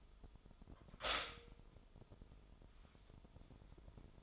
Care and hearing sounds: daily activity, microphone in the room; stop toaster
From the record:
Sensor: 5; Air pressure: 988.7 hPa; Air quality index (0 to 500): 233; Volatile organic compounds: 186 ppm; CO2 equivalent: 4164 ppm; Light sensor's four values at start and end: 39/123/48/51 and 39/123/48/51

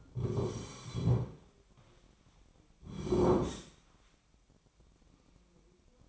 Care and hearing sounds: daily activity, microphone in the room; sit down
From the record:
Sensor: 1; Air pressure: 1009.3 hPa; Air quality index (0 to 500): 178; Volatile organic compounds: 3 ppm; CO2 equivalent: 1502 ppm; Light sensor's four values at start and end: 39/104/43/51 and 42/111/46/55

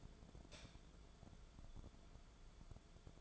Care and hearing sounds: daily activity, microphone in the room; light on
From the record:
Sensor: 5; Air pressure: 1010.3 hPa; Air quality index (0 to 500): 119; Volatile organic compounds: 2 ppm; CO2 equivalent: 1169 ppm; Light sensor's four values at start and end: 509/1303/539/606 and 513/1314/543/611

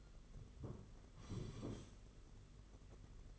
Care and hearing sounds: daily activity, microphone in the room; sit down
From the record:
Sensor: 4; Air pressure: 992.5 hPa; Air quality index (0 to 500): 122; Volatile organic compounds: 32 ppm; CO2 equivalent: 3007 ppm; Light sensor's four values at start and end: 20/72/26/28 and 20/72/26/28

